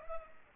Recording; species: mosquito wingbeat signal from an infrared sensor; Culex pipiens